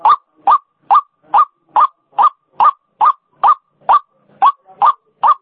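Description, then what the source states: White-breasted waterhen calling with loud, regular rasping notes, about two and a half per second, steady throughout. Female call, used as a lure sound.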